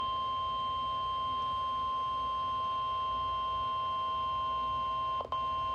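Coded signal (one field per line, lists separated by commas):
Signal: Emergency Alert System (SAME) tones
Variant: 1050 Hz attention tone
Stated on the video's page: Severe thunderstorm warning received on NOAA Weather Radio, for southwestern Chester, PA.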